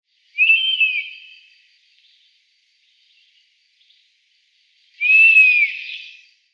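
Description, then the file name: European Honey Buzzard giving two drawn-out, high whistled calls, each slightly rising then falling, a few seconds apart, with quiet silence between. "Wespenbussard Pernis apivorus"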